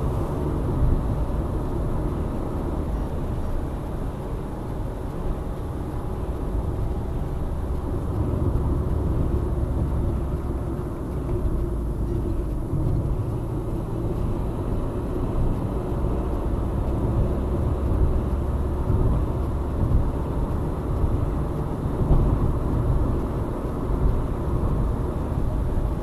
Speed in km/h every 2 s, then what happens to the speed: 80, 81, 80, 77, 74, 63, 59, 62, 67, 75, 77, 79, 82.
0-7 steady at about 80. 7-14 slows to 62. 14-26 speeds up to 82.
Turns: none.